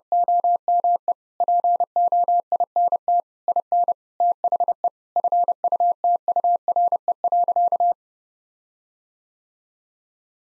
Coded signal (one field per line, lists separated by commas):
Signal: Morse code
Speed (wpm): 32 wpm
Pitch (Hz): 700 Hz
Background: none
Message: OME POINT IN THE FUTURE.